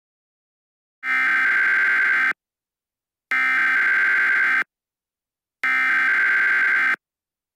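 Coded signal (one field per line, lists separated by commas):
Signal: Emergency Alert System (SAME) tones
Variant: header bursts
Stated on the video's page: Fictional EAS scenario about a Las Vegas fire, a simulated alert.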